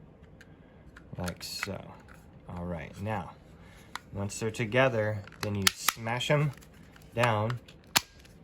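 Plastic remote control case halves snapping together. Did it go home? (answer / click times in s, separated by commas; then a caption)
yes / 8.0 s. Someone talks while pressing the two plastic halves of a remote control housing together by hand, reassembling it after fixing liquid damage. At 8.0 s one sharp, loud click sounds as the snap clips engage and the case seats.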